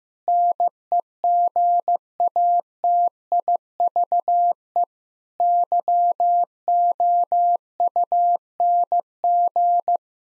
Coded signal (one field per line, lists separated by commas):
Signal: Morse code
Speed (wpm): 16 wpm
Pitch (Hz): 700 Hz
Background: none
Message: NEGATIVE YOUNG